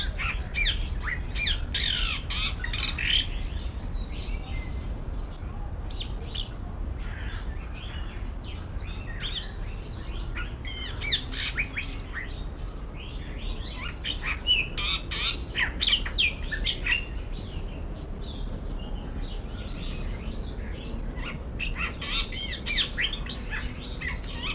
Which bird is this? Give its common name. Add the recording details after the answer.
White-rumped Shama. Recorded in captivity. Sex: male. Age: adult. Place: Zoo Berlin, Berlin, DE. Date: 1994-08-06 12:34. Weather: wolkig bis heiter, 24-28°C. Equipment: Marantz CP 430, Sennheiser ME 80, Kopie Uher Variocord 263. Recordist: Tembrock, Günter. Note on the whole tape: Strophiger Gesang, Entfernung ca. 5 m